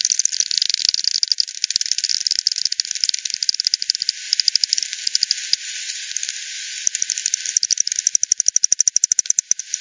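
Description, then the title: Bats calling in rapid clicky sequences, a thick burst early, a sparser patch midway, then renewed fast pulsing near the end. Multiple bats at the Hogsmill River, Hogsmill Lane, 7 October 2020 at 18:10; FD10 recording, band-pass filtered and resampled. "WW bat 20201007 T 18 : 10 Z-Hogsmill-Lane-Hogsmill-River-multiple-bats"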